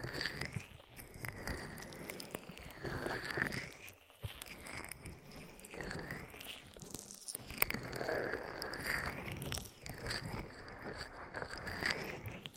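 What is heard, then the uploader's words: Wet rubbing and squishing of an aloe-slicked ear massage, with slow rising and falling swishes repeating every couple of seconds. The sound is dense and crackly, like sticky gel, with brief pauses near four and seven seconds. ASMR Aloe Ear Massage For Deepest Sleep in Your Life (No Talking).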